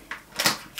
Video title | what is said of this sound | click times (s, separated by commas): Birthday Mini Haul - Eye Shadow Palette - Mature Beauty - Sixty Plus | having this and I love the fact that it snaps closed you | 0.1 s